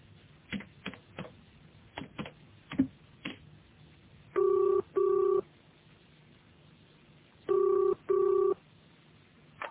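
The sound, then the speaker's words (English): A phone being dialed, with a quick run of sharp clicks, followed by two pairs of steady, buzzing ring tones, each pair a double burst. No one speaks. “Could I use your phone?”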